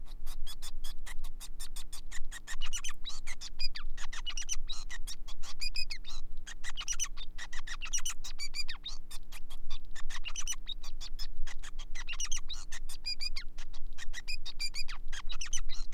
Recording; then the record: song of a male Bengalese finch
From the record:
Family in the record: son of father 5